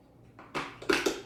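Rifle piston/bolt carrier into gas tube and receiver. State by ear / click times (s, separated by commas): not seated / none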